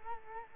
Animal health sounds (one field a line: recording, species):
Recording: mosquito wingbeat signal from an infrared sensor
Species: Culex quinquefasciatus